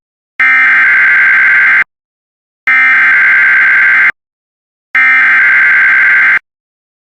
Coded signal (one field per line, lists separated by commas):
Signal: Emergency Alert System (SAME) tones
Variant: header bursts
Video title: SVR for parts of Texas (EAS #119)